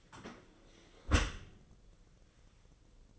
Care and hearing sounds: daily activity, microphone in the room; close dishwasher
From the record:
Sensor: 4

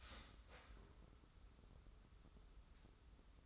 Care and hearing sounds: daily activity, microphone in the room; start toaster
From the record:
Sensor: 3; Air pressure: 994.4 hPa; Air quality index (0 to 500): 201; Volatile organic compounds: 1000 ppm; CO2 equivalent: 6680 ppm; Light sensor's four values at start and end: 121/286/116/108 and 121/286/117/108

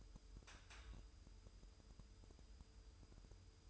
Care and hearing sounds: daily activity, microphone in the room; take from stove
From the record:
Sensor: 2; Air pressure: 988.2 hPa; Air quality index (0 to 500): 191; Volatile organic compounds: 184 ppm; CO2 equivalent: 4158 ppm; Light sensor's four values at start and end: 21/71/28/26 and 21/71/28/26

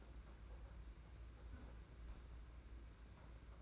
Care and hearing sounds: daily activity, microphone in the room; close fridge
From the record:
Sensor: 2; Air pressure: 991.7 hPa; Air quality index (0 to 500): 221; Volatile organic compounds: 1000 ppm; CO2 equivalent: 7381 ppm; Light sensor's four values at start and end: 26/83/32/30 and 26/83/32/30

